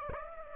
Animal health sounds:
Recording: mosquito wingbeat signal from an infrared sensor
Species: Aedes aegypti

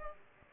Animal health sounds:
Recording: mosquito wingbeat signal from an infrared sensor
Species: Aedes aegypti

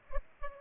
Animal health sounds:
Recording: mosquito wingbeat signal from an infrared sensor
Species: Culex pipiens

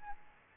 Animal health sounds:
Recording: mosquito wingbeat signal from an infrared sensor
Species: Aedes albopictus

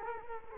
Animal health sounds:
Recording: mosquito wingbeat signal from an infrared sensor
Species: Culex quinquefasciatus

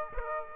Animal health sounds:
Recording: mosquito wingbeat signal from an infrared sensor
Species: Aedes aegypti

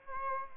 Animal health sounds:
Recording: mosquito wingbeat signal from an infrared sensor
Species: Aedes albopictus

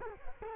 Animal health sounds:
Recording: mosquito wingbeat signal from an infrared sensor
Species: Culex quinquefasciatus

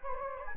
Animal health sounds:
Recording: mosquito wingbeat signal from an infrared sensor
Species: Anopheles gambiae

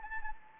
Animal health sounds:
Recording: mosquito wingbeat signal from an infrared sensor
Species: Anopheles gambiae

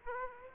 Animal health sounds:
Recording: mosquito wingbeat signal from an infrared sensor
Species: Aedes aegypti

